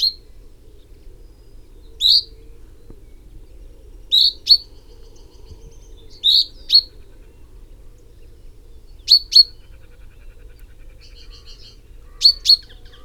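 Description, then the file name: Common chaffinch calling, short sharp high notes often given in quick pairs, spaced every two to three seconds, over a faint low hum. "Fringilla coelebs"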